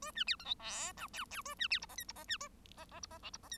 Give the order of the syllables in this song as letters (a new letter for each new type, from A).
A B C D E F G H H A B C I J K I J B A J J I J L I J K